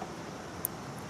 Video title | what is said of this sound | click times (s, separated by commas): Full Tow Mirror Install: (2002-2008) Dodge Ram Tow Mirrors (Power Fold) - Boost Auto Parts | go ahead and squeeze down till you hear it click | 0.7 s